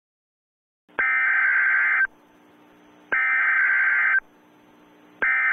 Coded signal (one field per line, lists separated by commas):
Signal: Emergency Alert System (SAME) tones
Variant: header bursts